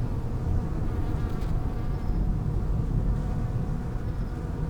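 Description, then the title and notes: Bee buzzing, a faint steady hum under low rumbling noise, with a couple of short high chirps in the background. Bees in lavender in the palliative care service garden of Hôpital Brugmann, Brussels, Belgium, a peaceful spot apart from other hospital pavilions; recorded with Sony PCM-M10 internal microphones. "Hôpital Brugmann, Place Arthur Van Gehuchten, Bruxelles, Belgique - bees in the palliative care services garden. Bees in the lavender from the palliative care service's garden. Abeilles dans la lavande, jardin du service de soins palliatifs"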